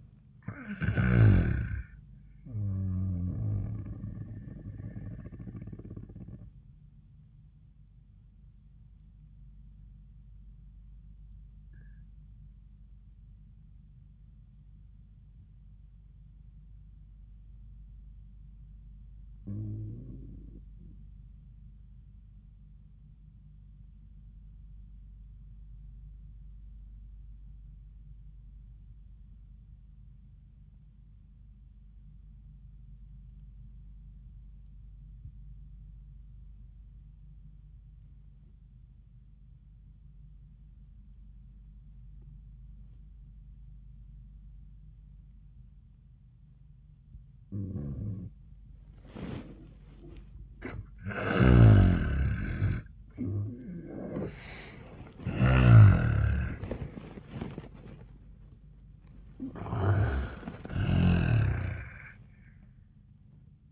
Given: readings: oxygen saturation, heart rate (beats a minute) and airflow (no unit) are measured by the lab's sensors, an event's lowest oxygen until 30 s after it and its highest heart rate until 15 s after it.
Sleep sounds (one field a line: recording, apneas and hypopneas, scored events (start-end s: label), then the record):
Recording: breathing in sleep by a smartphone at the bedside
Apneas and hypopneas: 1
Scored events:
8.00-49.80 s: obstructive apnea (N1, oxygen 98% highest, then 72% lowest, heart rate 77 at the start, 96 highest)
12.00-42.00 s: new sleep stage, REM sleep
42.00-63.72 s: new sleep stage, N1 (lightest sleep)
From the record:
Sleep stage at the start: N1 (lightest sleep)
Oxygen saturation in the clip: 68 to 98%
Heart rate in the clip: 56 to 96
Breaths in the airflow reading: 5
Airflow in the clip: -19.5 to 11.5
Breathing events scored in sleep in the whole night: 400 in 8.7 hours asleep